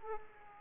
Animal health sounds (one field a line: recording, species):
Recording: mosquito wingbeat signal from an infrared sensor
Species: Aedes aegypti